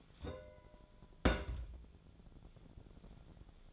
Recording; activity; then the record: daily activity, microphone in the room; place on stove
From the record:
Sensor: 5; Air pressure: 1010.0 hPa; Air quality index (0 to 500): 155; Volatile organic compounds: 3 ppm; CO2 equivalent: 1507 ppm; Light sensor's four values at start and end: 243/587/251/277 and 245/591/252/278